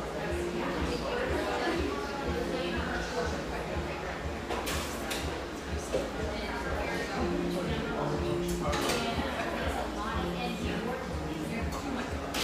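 Steady murmur of overlapping voices fills a neighborhood espresso shop in Portland, Oregon, with no single speaker standing out. A low rumble runs underneath throughout, and short bright clinks and clatters of cups pop up now and then, notably around five and nine seconds.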